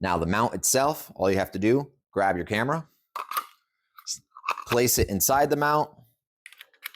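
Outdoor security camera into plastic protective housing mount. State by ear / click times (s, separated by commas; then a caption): not seated / none. Someone talks while a battery-powered outdoor security camera is handled and placed into its plastic weatherproof housing mount, with a few faint handling ticks between the words. The camera has not been snapped into the mount yet, so nothing has seated or clicked.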